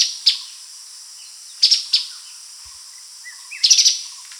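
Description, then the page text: Streaked spiderhunter giving scattered sharp, high chips, single or in short clusters, with faint softer bird notes in the gaps. "Streaked Spiderhunter Calls. Quick Sounds"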